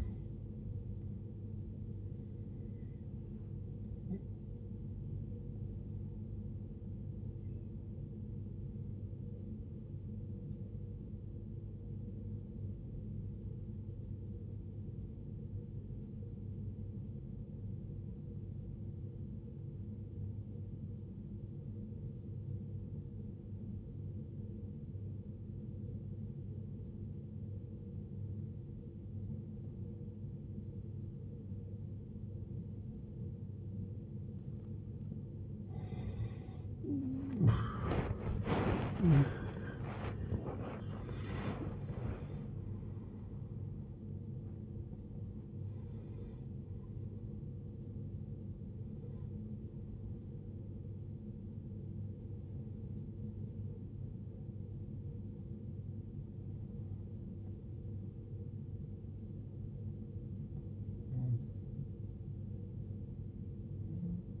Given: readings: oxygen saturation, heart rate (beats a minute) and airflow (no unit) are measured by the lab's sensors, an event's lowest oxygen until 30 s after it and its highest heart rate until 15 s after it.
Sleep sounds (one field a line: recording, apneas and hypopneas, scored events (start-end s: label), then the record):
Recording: breathing in sleep by a smartphone at the bedside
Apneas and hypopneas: 1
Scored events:
13.00-38.00 s: obstructive apnea (N1, oxygen 95% highest, then 79% lowest, heart rate 54 at the start, 91 highest)
25.00-55.00 s: new sleep stage, N2 (light sleep)
55.00-64.40 s: new sleep stage, N1 (lightest sleep)
From the record:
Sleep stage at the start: N1 (lightest sleep)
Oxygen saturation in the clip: 80 to 95%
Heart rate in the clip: 52 to 91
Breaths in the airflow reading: 11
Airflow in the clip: -21.7 to 19.8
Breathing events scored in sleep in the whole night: 389 in 6.3 hours asleep